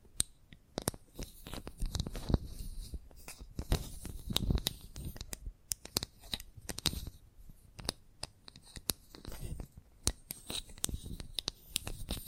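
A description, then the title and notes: Chalk being tapped, scratched and carved. Sharp, bright clicks and crunchy scrapes arrive irregularly but often, every half second or so, with brief gritty rubbing bursts between them and soft low thumps underneath. ASMR The Best Kind of Chalk Sounds Tapping, Scratching, Carving etc (No Talking).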